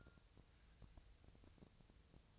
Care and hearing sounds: daily activity, microphone in the room; take from stove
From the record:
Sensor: 2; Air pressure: 999.2 hPa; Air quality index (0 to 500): 196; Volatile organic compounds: 27 ppm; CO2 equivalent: 2892 ppm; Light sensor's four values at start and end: 6/15/6/6 and 6/15/6/6

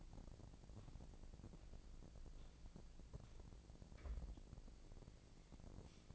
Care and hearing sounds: daily activity, microphone in the room; walk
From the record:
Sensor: 5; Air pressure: 1012.3 hPa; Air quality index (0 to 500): 158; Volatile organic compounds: 2 ppm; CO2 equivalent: 1086 ppm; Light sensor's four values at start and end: 331/795/340/379 and 332/798/341/383

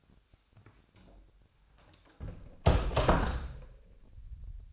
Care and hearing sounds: daily activity, microphone in the room; close door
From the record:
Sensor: 2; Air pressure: 1007.0 hPa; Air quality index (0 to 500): 192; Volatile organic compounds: 12 ppm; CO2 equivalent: 2352 ppm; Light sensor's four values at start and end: 10/24/10/10 and 10/23/10/10

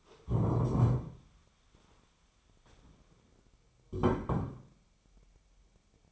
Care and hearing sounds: daily activity, microphone in the room; stand up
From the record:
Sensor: 1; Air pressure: 1015.2 hPa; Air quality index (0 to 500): 194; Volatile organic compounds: 21 ppm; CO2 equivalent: 2725 ppm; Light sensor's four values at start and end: 12/29/12/13 and 11/28/11/13

